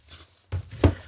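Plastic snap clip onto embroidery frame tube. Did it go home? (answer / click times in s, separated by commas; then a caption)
yes / 0.8 s. A plastic clip of a small Q-Snap cross-stitch frame is pressed onto the frame tube to clamp the fabric. A dull bump at 0.5 s comes before a sharp snap at 0.8 s as the clip seats.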